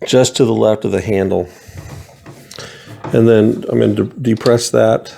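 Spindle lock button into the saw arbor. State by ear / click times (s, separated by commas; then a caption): not seated / none. Someone talks while pressing the spindle lock button on an old Ryobi TS1340 compound miter saw, located behind the blade just left of the handle, so the arbor locks for loosening the blade bolt. A few faint, brief ticks are heard around 2.3–2.6 seconds during a pause in the talking. Nothing has seated or clicked into place yet.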